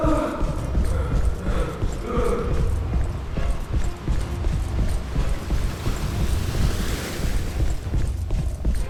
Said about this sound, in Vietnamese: tiếng bước chân dồn dập cùng với lời la hét phía sau.